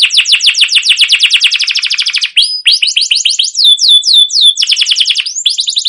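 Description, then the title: Canary song of quick repeated downslurred chirps in a steady trill, switching to slower sweeping whistled notes and back to rapid trilling. Canary with a long, continuous rolling song in full voice, used as a lure to get other canaries singing. "CUIT CUIT NGEROL LANGSUNG GACOR PANJANG Kenari Ini AMPUH Utk Pancingan KENARI"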